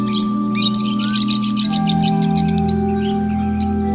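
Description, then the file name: Lovebird calls, fast bursts of sharp repeated chirps over a steady humming musical backdrop. Lovebirds, used for audio therapy. "audio terapi lovebirds"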